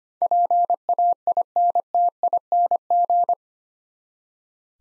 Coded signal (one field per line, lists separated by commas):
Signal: Morse code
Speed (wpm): 25 wpm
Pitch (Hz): 700 Hz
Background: none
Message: PAINTING